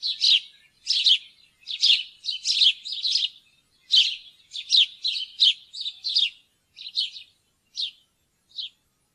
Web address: fuglelyder- graaspurv